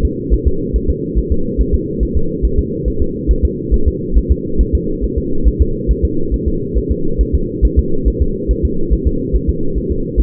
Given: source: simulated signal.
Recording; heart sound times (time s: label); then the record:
fetal heart sounds
0.05 s: S2
0.33 s: S1
0.47 s: S2
0.76 s: S1
0.90 s: S2
1.18 s: S1
1.32 s: S2
1.61 s: S1
1.75 s: S2
2.03 s: S1
2.17 s: S2
2.45 s: S1
2.59 s: S2
2.88 s: S1
3.02 s: S2
3.31 s: S1
3.45 s: S2
3.74 s: S1
3.88 s: S2
4.18 s: S1
4.31 s: S2
4.61 s: S1
4.75 s: S2
5.04 s: S1
5.18 s: S2
5.48 s: S1
5.61 s: S2
5.91 s: S1
6.05 s: S2
6.34 s: S1
6.48 s: S2
6.78 s: S1
6.92 s: S2
7.21 s: S1
7.35 s: S2
7.65 s: S1
7.79 s: S2
8.08 s: S1
8.22 s: S2
8.51 s: S1
8.65 s: S2
8.93 s: S1
9.07 s: S2
9.36 s: S1
9.50 s: S2
9.78 s: S1
9.92 s: S2
10.20 s: S1
From the record:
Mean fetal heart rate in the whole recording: 140 bpm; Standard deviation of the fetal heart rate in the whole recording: 2 bpm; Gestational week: 34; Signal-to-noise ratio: -8.1 dB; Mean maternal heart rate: 72 bpm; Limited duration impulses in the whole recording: absent